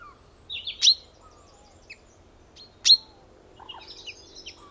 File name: Fringilla coelebs